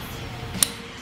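A paintball magazine is pushed into a paintball marker's magazine well over a steady low background hiss. A single sharp, bright click sounds at 0.6 s, confirming the magazine is seated, unlike other magazines that give no click.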